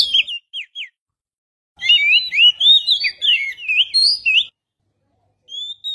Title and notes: Kicau Burung Kacer